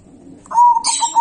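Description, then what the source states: Zebra dove song, a short burst of three or four mid-pitched coo notes, the first one longer. Local zebra dove.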